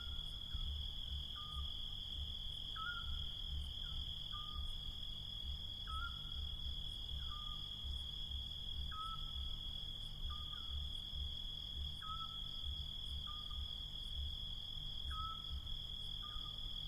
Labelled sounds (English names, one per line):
Eurasian Scops Owl